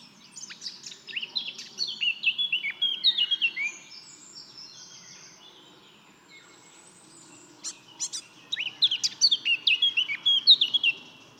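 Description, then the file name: Eurasian blackcap singing two bursts of fast, varied warbling separated by a few seconds of quiet. "Sylvia atricapilla"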